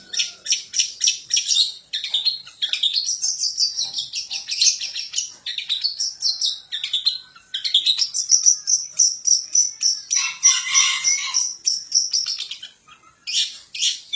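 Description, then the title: Long-tailed shrike song: continuous high chatter of rapid scratchy notes mixed with whistled rising and falling sweeps, barely pausing throughout. Song of a champion bird. "Kicau Burung Cendet Juara"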